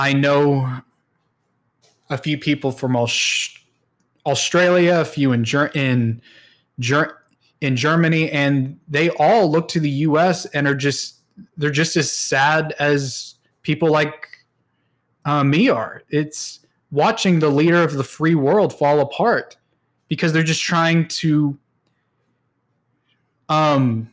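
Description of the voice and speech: An adult man speaks with stuttering: part-word repetitions ('Ger-, Ger-, Germany'), phrase repeats ('just... they're just') and long silent pauses break up his speech.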